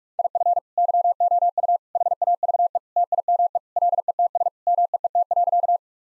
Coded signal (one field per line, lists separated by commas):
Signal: Morse code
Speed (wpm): 46 wpm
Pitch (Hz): 700 Hz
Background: none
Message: IF YOU HAVE TIME LETS MEET.